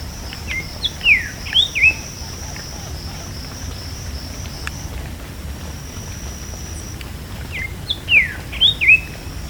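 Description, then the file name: Bird call sequence of quick whistled slurs heard twice, about seven seconds apart, with a steady high-pitched whine and low rumble throughout. "SABIOD bird 2015"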